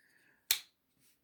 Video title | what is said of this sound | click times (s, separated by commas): How to transform 2004 Transformers Energon Scorponok | click his knee cap down | 0.5 s